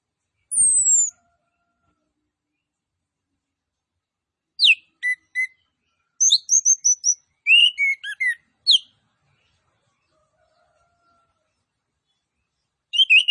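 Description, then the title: Orange-headed thrush song: a descending high whistle, then after a pause several clusters of sharp, varied chirps and slurred notes, separated by silences. Master (masteran) audio of an actively singing bird, with full fill-in phrases that include mimicked cililin notes. "Anis Kembang Gacor 15. MASTERAN ANIS KEMBANG ISIAN FULL DENGAN TEMBAKAN CILILIN"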